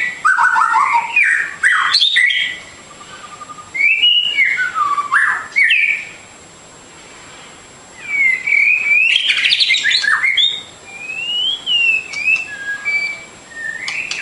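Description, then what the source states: Bird song of bursts of whistled, slurred notes broken by short pauses, ending in rising and falling sweeps, with a faint constant high tone behind. Complete masteran birdsong for training.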